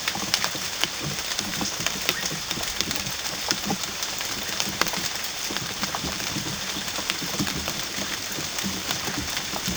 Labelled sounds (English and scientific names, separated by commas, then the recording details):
none
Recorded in dense forest near Puerto Asís, Putumayo, Colombia, on 9 March 2025 at 12:00
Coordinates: 0.486, -76.317
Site G053